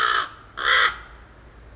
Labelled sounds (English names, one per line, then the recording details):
Common Raven
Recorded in Sonoma County, California